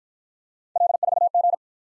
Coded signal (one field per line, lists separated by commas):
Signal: Morse code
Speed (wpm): 52 wpm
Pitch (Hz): 700 Hz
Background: none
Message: L4G